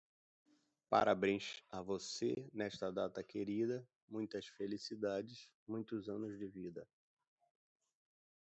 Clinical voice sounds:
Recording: short text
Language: Brazilian Portuguese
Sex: male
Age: 50 to 59 years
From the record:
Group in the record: control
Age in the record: 54 years

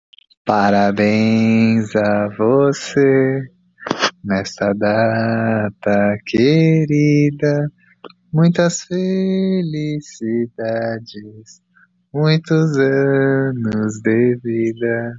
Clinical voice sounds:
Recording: short text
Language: Brazilian Portuguese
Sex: female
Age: 20 to 29 years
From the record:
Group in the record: control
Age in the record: 23 years

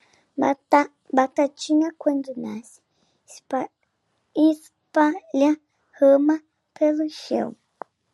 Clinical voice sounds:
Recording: short text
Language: Brazilian Portuguese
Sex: male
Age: 50 to 59 years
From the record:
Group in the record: control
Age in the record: 50 years

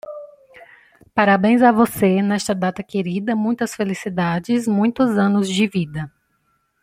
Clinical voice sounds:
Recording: short text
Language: Brazilian Portuguese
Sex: female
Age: 30 to 39 years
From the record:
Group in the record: control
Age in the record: 33 years

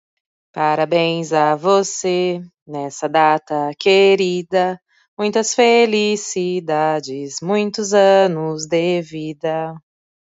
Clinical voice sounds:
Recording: short text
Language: Brazilian Portuguese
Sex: female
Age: 30 to 39 years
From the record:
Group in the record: control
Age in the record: 38 years

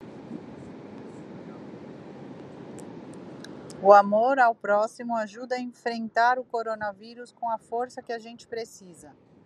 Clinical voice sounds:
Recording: spoken sentence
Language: Brazilian Portuguese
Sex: female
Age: 40 to 49 years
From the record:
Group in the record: control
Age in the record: 43 years

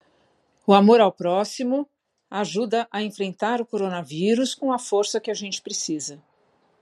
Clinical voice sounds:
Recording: spoken sentence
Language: Brazilian Portuguese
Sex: female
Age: 50 to 59 years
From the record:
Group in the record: control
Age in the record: 53 years

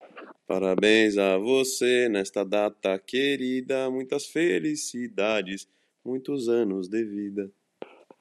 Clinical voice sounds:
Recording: short text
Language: Brazilian Portuguese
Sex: male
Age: 40 to 49 years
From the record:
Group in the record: control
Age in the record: 42 years

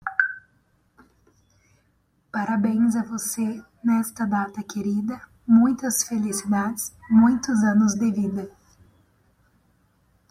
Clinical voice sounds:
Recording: short text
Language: Brazilian Portuguese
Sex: female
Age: 20 to 29 years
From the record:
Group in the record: control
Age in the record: 22 years

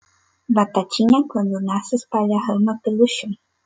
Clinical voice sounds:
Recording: short text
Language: Brazilian Portuguese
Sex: female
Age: 20 to 29 years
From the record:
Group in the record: control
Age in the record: 23 years

